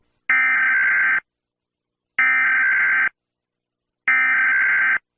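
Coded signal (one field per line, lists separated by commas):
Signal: Emergency Alert System (SAME) tones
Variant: header bursts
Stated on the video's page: Simulated EAS tornado warning.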